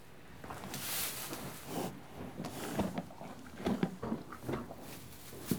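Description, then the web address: Horse eating hay, quiet crunching and rustling. One horse eating hay and moving. "BBC Sound Effects Library Horses One horse eating hay, and moving"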